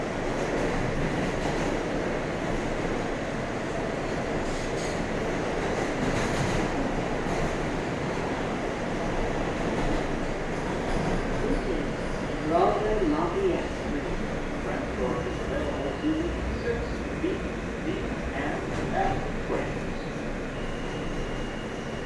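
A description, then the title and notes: A subway train rumbles steadily with dense low roar, brief squealing tones around twelve to sixteen seconds, and occasional clanks throughout. Subway.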